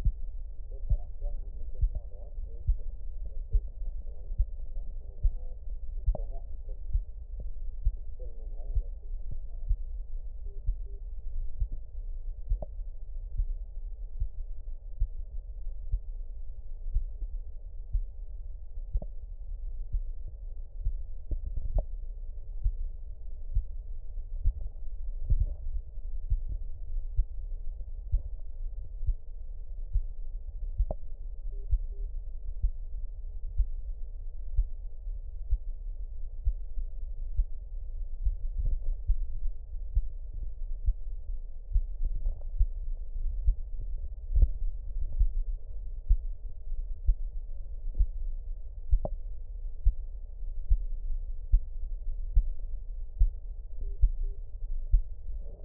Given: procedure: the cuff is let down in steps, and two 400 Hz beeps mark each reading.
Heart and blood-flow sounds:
Korotkoff sounds by stethoscope; brachial artery, at the lower edge of an arm cuff
10.46-10.99 s: 105 mmHg
31.52-32.05 s: 95 mmHg
53.83-54.36 s: 85 mmHg
From the record:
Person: healthy adult, 24 to 32 years, lying on the back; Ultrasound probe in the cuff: distal

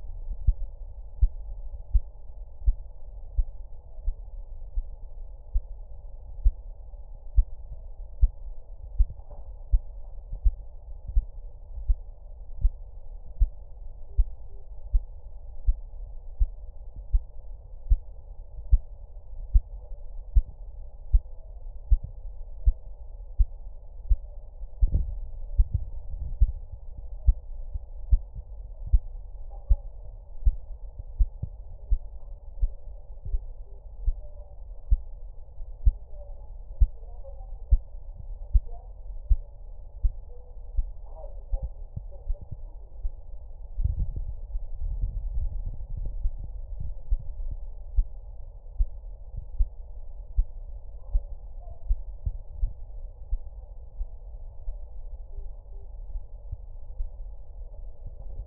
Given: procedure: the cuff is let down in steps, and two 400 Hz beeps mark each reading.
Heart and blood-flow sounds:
Korotkoff sounds by stethoscope; brachial artery, at the lower edge of an arm cuff
14.09-14.62 s: 80 mmHg
33.26-33.79 s: 77.5 mmHg
55.32-55.85 s: 75 mmHg
From the record:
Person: healthy adult, 24 to 32 years, lying on the back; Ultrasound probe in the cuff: distal

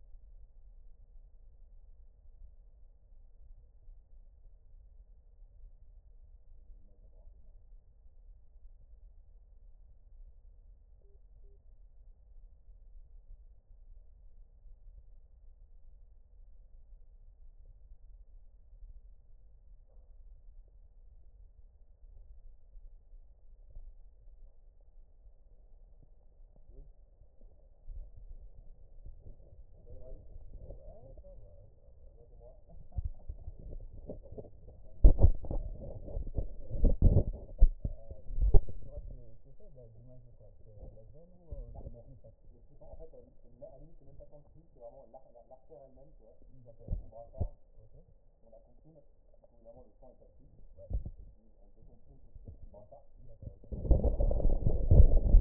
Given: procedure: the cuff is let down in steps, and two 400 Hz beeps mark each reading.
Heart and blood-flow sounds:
Korotkoff sounds by stethoscope; brachial artery, at the lower edge of an arm cuff
11.04-11.56 s: 70 mmHg
From the record:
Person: healthy adult, 24 to 32 years, lying on the back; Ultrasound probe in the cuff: distal

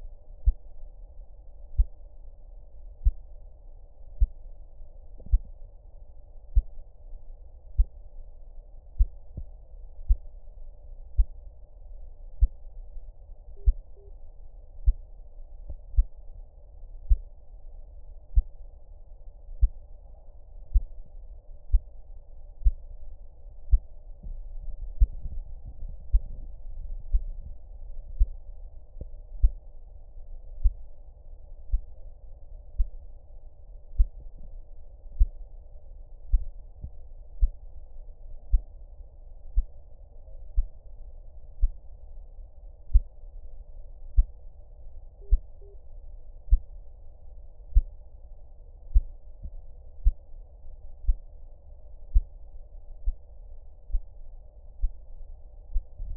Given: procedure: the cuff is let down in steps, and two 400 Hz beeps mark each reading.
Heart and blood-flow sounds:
Korotkoff sounds by stethoscope; brachial artery, at the lower edge of an arm cuff
13.57-14.09 s: 85 mmHg
45.22-45.74 s: 75 mmHg
From the record:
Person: healthy adult, 24 to 32 years, lying on the back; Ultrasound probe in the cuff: proximal

